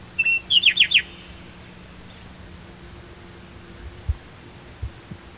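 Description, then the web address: Bird calls: a short flat whistle then four rapid downslurred chirps at the start, followed by near silence with only faint high twitters. "BIRD 2015 SABIOD 50 bird 2015"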